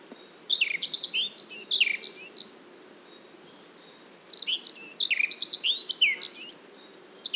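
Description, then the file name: Eurasian blackcap warbling in two phrases of quick, sliding, mellow notes, the second a little longer, with a quiet gap between, another phrase starting at the end, over soft background hiss. "Sylvia atricapilla"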